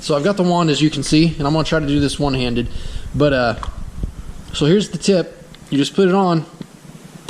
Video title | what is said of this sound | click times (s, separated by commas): The BEST Pressure Wash for the Money (AR383SS Blue Clean) | and it just clicks right into place. | 7.3 s